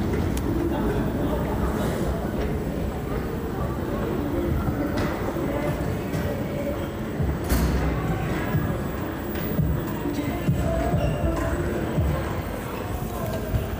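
A mishmash of public transportation sound in the city: a steady, dense low rumble fills the space, with indistinct voices murmuring through it. Sharp knocks and clacks break in every few seconds, one louder bang near the middle.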